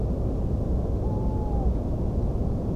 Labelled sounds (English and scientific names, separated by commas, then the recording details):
none
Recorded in France